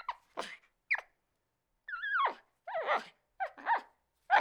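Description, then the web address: Capuchin monkey calling with quick squeaks, a drawn-out wavering squeal and harsh screechy notes, delivered in uneven bursts. Capuchin monkey, angry. "monkey capuchin mad"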